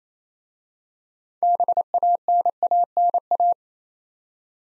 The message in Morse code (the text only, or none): BANANA